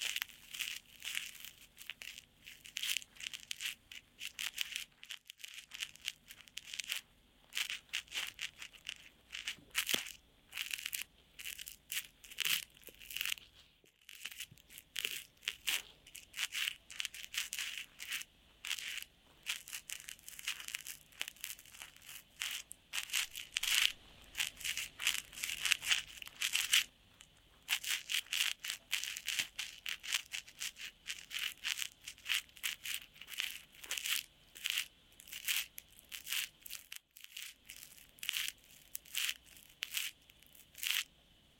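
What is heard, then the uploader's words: Crackling scrapes and crinkles of deep inner ear cleaning fill the whole clip, a dense run of sharp bright clicks with brief silent gaps near 5, 14, 27 and 37 seconds. A faint low hum sits underneath throughout. 刺痛的深層掏耳 | DEEP Inner Ear Cleaning | NO Talking.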